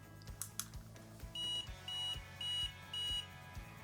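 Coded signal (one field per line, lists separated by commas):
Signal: beep code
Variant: power bank battery level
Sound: four evenly spaced high beeps, each about a quarter second, with low buzzing vibration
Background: vibration buzz, room noise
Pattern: 4 short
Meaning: Four beeps mean the battery is 75 to 100% full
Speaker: So it beeped and vibrated at the same time because I've got it set to that, set to both. But 4 beeps and vibrations mean that I'm between 75 and 100% full.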